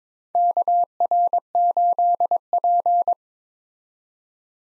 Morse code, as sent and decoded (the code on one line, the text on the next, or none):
-.- .-. ---.. .--.
KR8P